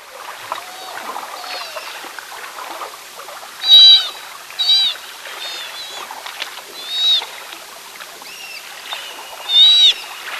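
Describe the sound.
Sea otter giving high, piercing squeals, four strong bursts from about the middle on, with fainter ones earlier.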